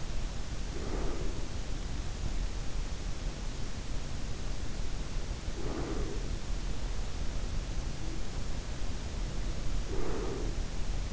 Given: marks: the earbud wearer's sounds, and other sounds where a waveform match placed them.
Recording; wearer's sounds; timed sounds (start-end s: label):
sounds in sleep by an in-ear microphone; breath
0.00-1.90 s: breath
4.79-6.58 s: breath
9.06-11.13 s: breath